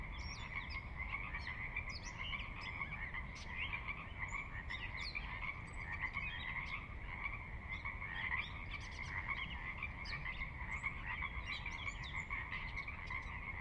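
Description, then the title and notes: Pacific Chorus Frogs calling en masse, overlapping rasping croaks with scattered sharper notes on top, against a steady low water rumble. Chorus at midnight, valley floor of Sinlahekin Valley, Sinlahekin Wildlife Area, Washington, near Cascades' northeastern slope; distant water spillage in background; unprocessed raw recording. "Sinlahekin Valley midnight. the ever-present Pacific Chorus Frogs that are a fixture of the Northwest Soundscape. Sinlahekin Valley is the heart of the Sinlahekin Wildlife Area"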